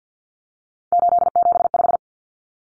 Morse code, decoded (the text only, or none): 875